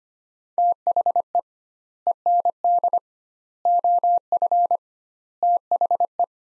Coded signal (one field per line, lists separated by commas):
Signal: Morse code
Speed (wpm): 25 wpm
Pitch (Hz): 700 Hz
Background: none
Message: THE END OF THE